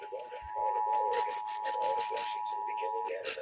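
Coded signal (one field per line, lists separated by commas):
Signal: Emergency Alert System (SAME) tones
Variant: 853 and 960 Hz attention tone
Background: speech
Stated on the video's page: Real EAS tests received from broadcast stations.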